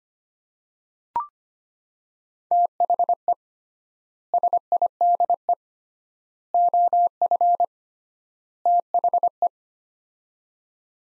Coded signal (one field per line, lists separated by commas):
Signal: Morse code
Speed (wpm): 25 wpm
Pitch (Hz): 700 Hz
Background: none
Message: THE SIDE OF THE